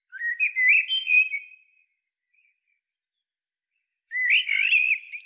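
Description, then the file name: Common blackbird song in two phrases: a smooth fluting warble, a long pause, then a more twittering phrase with high squeaks. "Turdus merula"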